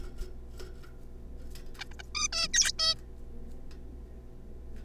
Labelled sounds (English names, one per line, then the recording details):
Zebra Finch
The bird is a juvenile
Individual R3549